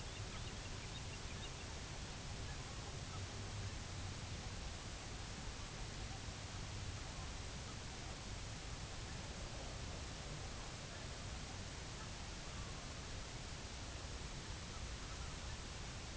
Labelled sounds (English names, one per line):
American Golden-plover
unidentified sound